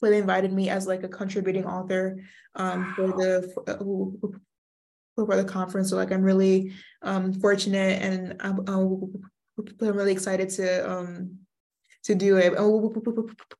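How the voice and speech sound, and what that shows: A young woman, a university neuroscience major who stutters, speaks with word and phrase repetitions, stretched sounds, 'um' fillers and a repeated 'p-p-p-p', typical of stuttering.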